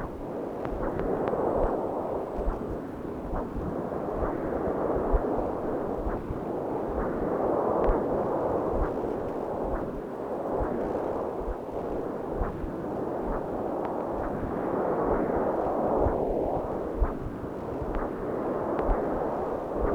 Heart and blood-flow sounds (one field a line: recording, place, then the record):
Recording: Doppler ultrasound of blood flow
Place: left subclavian vein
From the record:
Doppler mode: continuous wave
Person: adult scuba diver, at rest before a dive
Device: O'Dive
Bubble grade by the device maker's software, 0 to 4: 0